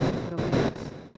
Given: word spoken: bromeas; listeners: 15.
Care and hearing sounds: one Spanish word in noise, from a listening test; noise modulated by one talker; -8.8 dB; 0 of 15; 8 of 15; 0.77 s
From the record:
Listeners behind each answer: 8, 2, 1, 1, 1, 1, 1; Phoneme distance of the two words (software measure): 34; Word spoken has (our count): 3 syllables, 7 phonemes, stress on syllable 2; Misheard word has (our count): 3 syllables, 9 phonemes, stress on syllable 2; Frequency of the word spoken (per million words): 0.11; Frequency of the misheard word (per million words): 283.79

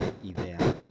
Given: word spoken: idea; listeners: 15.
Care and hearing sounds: one Spanish word in noise, from a listening test; noise modulated by one talker; -10.4 dB; 4 of 15; 8 of 15; 0.51 s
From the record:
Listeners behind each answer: 8, 4, 1, 1, 1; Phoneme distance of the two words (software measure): 7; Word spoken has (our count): 3 syllables, 4 phonemes, stress on syllable 2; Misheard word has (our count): 3 syllables, 5 phonemes, stress on syllable 3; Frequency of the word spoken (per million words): 194.10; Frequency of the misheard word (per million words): 47.35

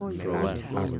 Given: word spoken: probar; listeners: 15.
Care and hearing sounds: one Spanish word in noise, from a listening test; four-talker babble; -2.4 dB; 0 of 15; 10 of 15; 0.60 s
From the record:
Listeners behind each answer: 10, 1, 1, 1, 1, 1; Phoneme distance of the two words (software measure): 17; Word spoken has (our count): 2 syllables, 6 phonemes, stress on syllable 2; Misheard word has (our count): 2 syllables, 5 phonemes, stress on syllable 2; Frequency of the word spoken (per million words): 19.71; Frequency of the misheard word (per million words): 8.13

